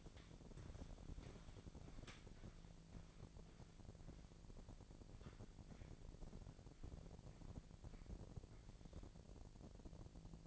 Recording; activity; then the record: daily activity, microphone in the room; walk to room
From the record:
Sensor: 5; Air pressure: 1012.4 hPa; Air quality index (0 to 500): 244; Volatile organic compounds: 4 ppm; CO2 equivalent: 1619 ppm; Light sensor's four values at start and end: 47/110/45/46 and 54/127/52/55